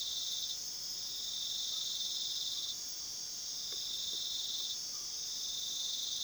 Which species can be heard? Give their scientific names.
none